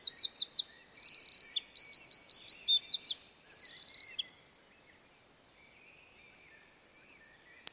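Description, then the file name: Eurasian wren song, a loud, hurried stream of sharp high notes, buzzy trills and repeated ticking phrases lasting about five seconds, then quiet. "Troglodytes troglodytes"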